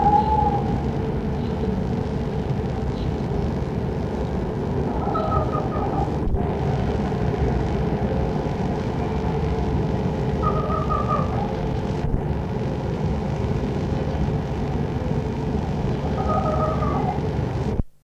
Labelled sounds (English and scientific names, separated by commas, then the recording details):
Red Fox (Vulpes vulpes)
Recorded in captivity
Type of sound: serial barking
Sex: female
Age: adult
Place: Zoologisches Institut der HUB, Berlin, DE
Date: 1966-04-20 12:00
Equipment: Grundig TK 1 Luxus
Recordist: Tembrock, Günter
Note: Rotfuchs-Fähe "Gina" (Fuchsanlage): mit Bellstrophen nach der Fütterung